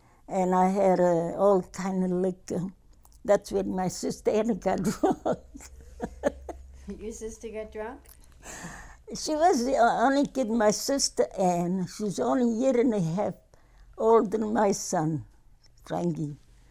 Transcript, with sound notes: And I had all kind of liquor. That's with my sister, and we got drunk. ( she laughs )
Your sister got drunk?
She was the only kid, my sister Anne, she's only year-and-a-half older than my son, Frankie.